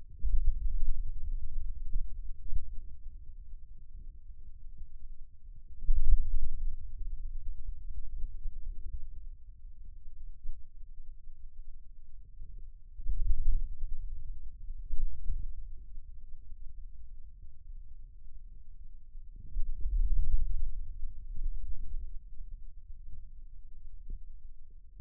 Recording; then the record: forearm muscle sounds (acoustic myography)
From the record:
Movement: pen grasping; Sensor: system 2, bracelet of six BSWA MPA416 microphones around the upper forearm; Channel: 1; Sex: male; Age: 22 years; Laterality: right